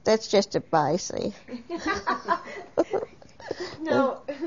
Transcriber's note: both laugh